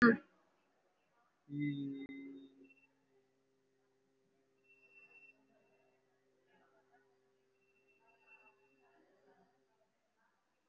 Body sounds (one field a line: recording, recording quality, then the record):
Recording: sustained vowel as in beet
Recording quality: excellent, no background noise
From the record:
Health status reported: respiratory illness, not identified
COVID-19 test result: negative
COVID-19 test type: RT-PCR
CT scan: not taken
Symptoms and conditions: cough, cold, breathing difficulty, fatigue, muscle pain, chronic lung disease, pneumonia, diabetes, another condition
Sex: male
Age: 55 years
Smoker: yes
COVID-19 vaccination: none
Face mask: worn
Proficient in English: no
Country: India